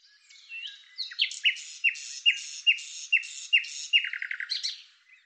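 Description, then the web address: Bird song: high chirps that drop into a series of sharp, downward-sweeping notes about two per second, closing with a rapid chatter. "Deverinetal 2025"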